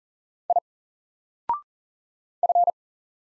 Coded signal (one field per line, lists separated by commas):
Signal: Morse code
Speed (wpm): 40 wpm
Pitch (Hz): 700 Hz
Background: none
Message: I F